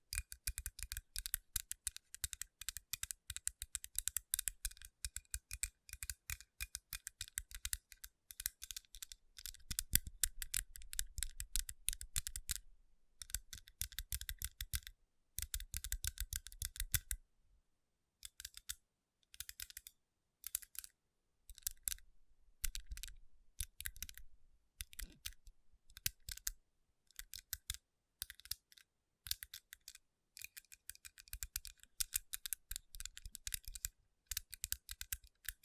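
Rapid, dense tapping and scratchy rubbing on rhinestone-covered palms, bright clicky bursts in uneven runs, with a brief pause near seventeen seconds.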